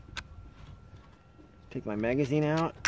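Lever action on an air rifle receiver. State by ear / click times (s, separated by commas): released / 0.2 s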